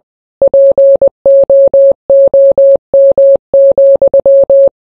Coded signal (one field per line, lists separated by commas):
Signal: Morse code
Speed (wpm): 20 wpm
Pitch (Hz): 550 Hz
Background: none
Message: POOM,